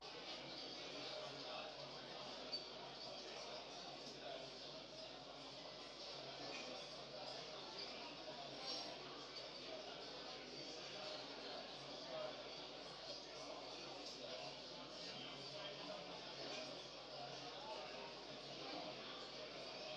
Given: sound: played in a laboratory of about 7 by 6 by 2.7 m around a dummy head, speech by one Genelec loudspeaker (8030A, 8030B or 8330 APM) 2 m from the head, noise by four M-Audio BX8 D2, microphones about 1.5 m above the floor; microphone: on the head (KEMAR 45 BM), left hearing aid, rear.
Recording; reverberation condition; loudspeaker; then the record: cafeteria noise; medium; four, about 170 cm from the corners of the room and facing them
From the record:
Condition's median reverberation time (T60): about 510 ms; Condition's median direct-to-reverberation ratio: about -0.5 dB